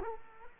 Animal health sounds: mosquito wingbeat signal from an infrared sensor; Culex quinquefasciatus

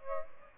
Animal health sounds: mosquito wingbeat signal from an infrared sensor; Aedes aegypti

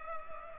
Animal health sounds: mosquito wingbeat signal from an infrared sensor; Culex pipiens

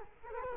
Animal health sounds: mosquito wingbeat signal from an infrared sensor; Culex quinquefasciatus

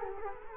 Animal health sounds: mosquito wingbeat signal from an infrared sensor; Culex quinquefasciatus

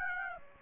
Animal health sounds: mosquito wingbeat signal from an infrared sensor; Aedes aegypti

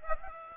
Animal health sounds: mosquito wingbeat signal from an infrared sensor; Aedes aegypti

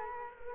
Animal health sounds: mosquito wingbeat signal from an infrared sensor; Culex quinquefasciatus

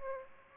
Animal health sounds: mosquito wingbeat signal from an infrared sensor; Aedes aegypti

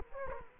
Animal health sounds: mosquito wingbeat signal from an infrared sensor; Culex quinquefasciatus

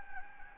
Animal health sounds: mosquito wingbeat signal from an infrared sensor; Anopheles gambiae

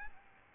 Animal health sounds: mosquito wingbeat signal from an infrared sensor; Aedes albopictus

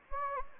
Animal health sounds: mosquito wingbeat signal from an infrared sensor; Anopheles gambiae

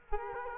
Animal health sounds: mosquito wingbeat signal from an infrared sensor; Culex quinquefasciatus

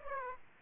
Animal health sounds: mosquito wingbeat signal from an infrared sensor; Aedes aegypti

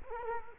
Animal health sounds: mosquito wingbeat signal from an infrared sensor; Culex quinquefasciatus

